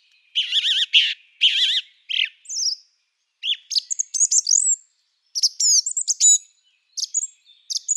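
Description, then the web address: Song thrush song: loud, varied phrases in separate bursts, the opening trilled phrase given twice, followed by sharp whistled and chattering notes, over a quiet background. "Schulze Peter Song Thrush song"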